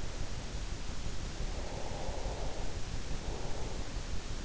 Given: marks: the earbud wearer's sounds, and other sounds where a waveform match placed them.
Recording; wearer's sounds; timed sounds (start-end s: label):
sounds in sleep by an in-ear microphone; breath
1.70-4.20 s: breath